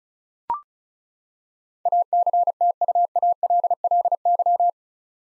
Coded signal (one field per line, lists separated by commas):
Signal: Morse code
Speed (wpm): 34 wpm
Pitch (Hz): 700 Hz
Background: none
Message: ACTUALLY